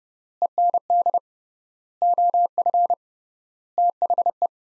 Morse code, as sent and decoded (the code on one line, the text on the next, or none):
. -. -.. / --- ..-. / - .... .
END OF THE